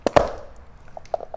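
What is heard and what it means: A paper oil filter element for a BMW X5M/X6M, with a small mesh screen on its end, is set into a plastic oil filter housing cap and pushed down by hand. It gives two sharp clicks at 0.1 s and 0.2 s, followed by a few fainter ticks near the end. The element is seated in position.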